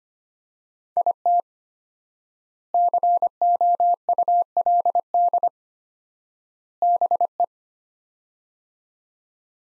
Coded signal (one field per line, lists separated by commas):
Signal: Morse code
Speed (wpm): 25 wpm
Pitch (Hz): 700 Hz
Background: none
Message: IT COULD BE